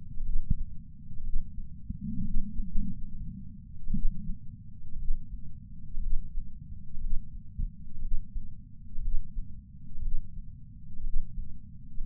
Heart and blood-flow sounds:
heart sounds by patch sensor on the chest; 61 bpm
0.21 s: heartbeat
1.21 s: heartbeat
2.22 s: heartbeat
2.69 s: heartbeat
3.92 s: heartbeat
4.96 s: heartbeat
5.98 s: heartbeat
6.99 s: heartbeat
8.00 s: heartbeat
9.00 s: heartbeat
10.00 s: heartbeat
11.02 s: heartbeat
12.02 s: heartbeat
From the record:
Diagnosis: coronary artery disease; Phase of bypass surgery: preoperative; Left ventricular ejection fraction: 61.1%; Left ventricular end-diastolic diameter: 60 mm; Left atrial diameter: 40 mm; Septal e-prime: 7.9 cm/s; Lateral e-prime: 9.6 cm/s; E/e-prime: 7.5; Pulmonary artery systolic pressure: 34 mmHg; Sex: male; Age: 65 years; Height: 168 cm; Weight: 73 kg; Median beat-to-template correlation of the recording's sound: 0.92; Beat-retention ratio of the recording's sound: 1.00

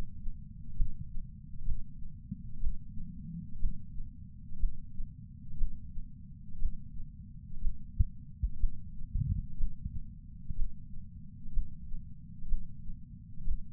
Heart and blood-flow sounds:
heart sounds by patch sensor on the chest; 61 bpm
0.73 s: heartbeat
1.62 s: heartbeat
2.58 s: heartbeat
3.57 s: heartbeat
4.57 s: heartbeat
5.55 s: heartbeat
6.56 s: heartbeat
7.58 s: heartbeat
8.57 s: heartbeat
9.55 s: heartbeat
10.53 s: heartbeat
11.50 s: heartbeat
12.45 s: heartbeat
13.42 s: heartbeat
From the record:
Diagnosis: coronary artery disease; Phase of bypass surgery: preoperative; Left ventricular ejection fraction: 60.1%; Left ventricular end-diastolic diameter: 44 mm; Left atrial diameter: 42 mm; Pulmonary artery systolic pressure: 26 mmHg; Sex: female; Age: 80 years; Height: 156 cm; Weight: 70 kg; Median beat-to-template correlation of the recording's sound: 0.93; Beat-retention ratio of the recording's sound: 0.99

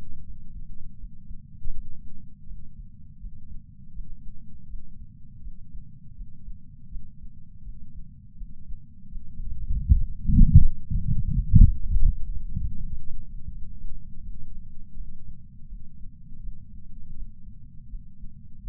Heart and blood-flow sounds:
heart sounds by patch sensor on the chest; 82 bpm
0.24 s: heartbeat
0.98 s: heartbeat
1.72 s: heartbeat
2.46 s: heartbeat
3.19 s: heartbeat
3.92 s: heartbeat
4.67 s: heartbeat
5.41 s: heartbeat
6.14 s: heartbeat
6.89 s: heartbeat
7.63 s: heartbeat
8.36 s: heartbeat
9.09 s: heartbeat
9.83 s: heartbeat
10.58 s: heartbeat
11.31 s: heartbeat
12.05 s: heartbeat
12.77 s: heartbeat
13.49 s: heartbeat
14.22 s: heartbeat
14.95 s: heartbeat
15.67 s: heartbeat
16.41 s: heartbeat
17.14 s: heartbeat
17.88 s: heartbeat
18.60 s: heartbeat
From the record:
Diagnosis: coronary artery disease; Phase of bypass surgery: intraoperative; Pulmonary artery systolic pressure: 27 mmHg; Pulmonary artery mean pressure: 22 mmHg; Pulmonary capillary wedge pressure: 12 mmHg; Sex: male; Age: 49 years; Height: 175 cm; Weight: 80 kg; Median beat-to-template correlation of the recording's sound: 0.80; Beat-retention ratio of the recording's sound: 1.00

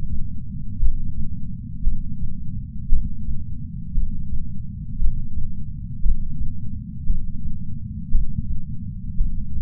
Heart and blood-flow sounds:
heart sounds by patch sensor on the chest; 57 bpm
0.79 s: heartbeat
1.84 s: heartbeat
2.89 s: heartbeat
3.94 s: heartbeat
4.98 s: heartbeat
6.02 s: heartbeat
7.06 s: heartbeat
8.11 s: heartbeat
9.17 s: heartbeat
From the record:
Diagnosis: coronary artery disease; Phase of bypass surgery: intraoperative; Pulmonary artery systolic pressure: 30 mmHg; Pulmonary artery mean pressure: 21 mmHg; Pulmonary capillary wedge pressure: 19 mmHg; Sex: male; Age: 57 years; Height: 183 cm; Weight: 85 kg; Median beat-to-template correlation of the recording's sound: 0.88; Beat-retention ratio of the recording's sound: 1.00

